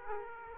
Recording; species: mosquito wingbeat signal from an infrared sensor; Aedes aegypti